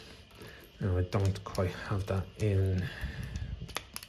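A plastic part of a transforming action figure is pushed, its tabs going into slots on the figure body, while someone talks. After a few faint handling ticks, two sharp clicks land at 3.8 s and 4.0 s as the part snaps into place and seats.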